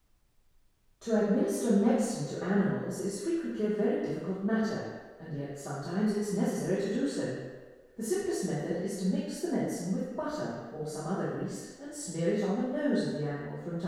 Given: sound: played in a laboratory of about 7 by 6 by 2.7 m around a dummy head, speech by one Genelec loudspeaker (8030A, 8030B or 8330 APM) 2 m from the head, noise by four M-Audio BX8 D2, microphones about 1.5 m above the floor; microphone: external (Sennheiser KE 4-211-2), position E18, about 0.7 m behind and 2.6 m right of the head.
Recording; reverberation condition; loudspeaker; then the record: female speech in English; high; 150 degrees to the right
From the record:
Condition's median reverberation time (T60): about 1300 ms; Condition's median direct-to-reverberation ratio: about -4.0 dB